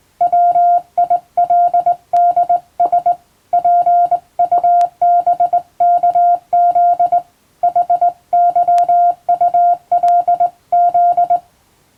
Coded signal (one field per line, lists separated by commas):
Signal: Morse code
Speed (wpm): 20 wpm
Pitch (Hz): 700 Hz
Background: none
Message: WILDS PUBKZ HYULZ